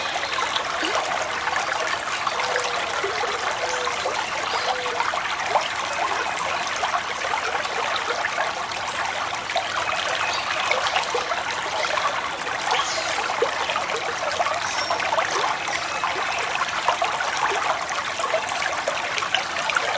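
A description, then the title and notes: A woodland creek runs gently over rocks in a steady, unbroken rush of water. The sound is dense and fairly bright, full of fine trickling and small splashes, with little low rumble. Its level holds even for the whole stretch. The calming sounds of a woodland creek, as water flows gently over rocks and through the forest.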